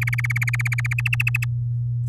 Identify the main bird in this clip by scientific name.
Serinus canaria